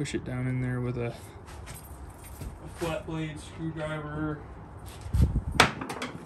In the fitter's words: you should hear that clip pop into place like that